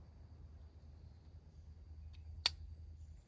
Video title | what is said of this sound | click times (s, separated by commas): Trapping Supplies Unboxing | You hear that click? Now it's night latched. | 2.5 s